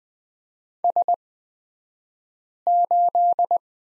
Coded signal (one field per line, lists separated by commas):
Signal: Morse code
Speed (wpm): 20 wpm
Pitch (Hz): 700 Hz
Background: none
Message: S8